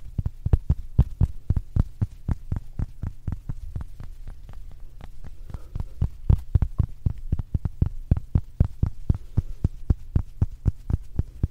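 A makeup puff pats quickly against a pouch in a steady rhythm of about four or five soft taps per second. Each tap is a dull, low thud with a light click on top, over a constant low hum throughout.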